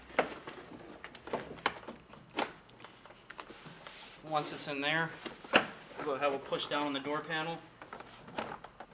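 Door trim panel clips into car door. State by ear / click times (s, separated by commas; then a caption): not seated / none. A plastic door trim panel is being handled on a VW GTI MK5 4-door during an LED puddle light install, with someone about to push down on it to seat its retaining clips into the door. Scattered sharp taps and knocks of handling are heard while someone talks. Nothing has seated or clicked yet; the clip ends just before the panel goes home.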